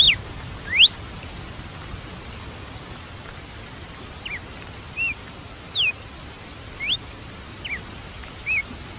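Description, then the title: Red-cowled cardinal song: scattered short whistled slurs, some rising and some falling, amid a steady rain-like hiss. "Galo de Campina"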